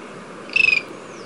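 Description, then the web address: Cinnamon-breasted tody-tyrant giving a brief, high, rapidly pulsed trill of about seven notes on a near-level pitch, over faint steady background hiss. Ecuador. "Birds of Ecuador. Cinnamon-breasted Tody-Tyrant"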